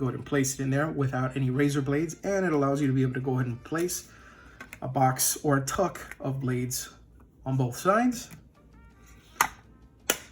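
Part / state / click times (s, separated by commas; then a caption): razor travel case lid closing onto its case / seated / 9.4 s, 10.1 s. A man talks while placing a razor with no blades in it into a travel caddy, with a pack of blades on each side. The lid is then closed and two sharp clicks are heard at 9.4 s and 10.1 s as it snaps shut and locks in place.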